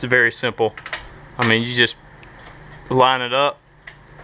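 A plastic retaining push pin is lined up with its hole in the front bumper bracket of a 1997–2003 Ford F150 pickup truck, to be pushed in with the thumb. Someone talks while faint handling ticks sound around 2.2 and 3.9 seconds. Nothing has seated or clicked yet.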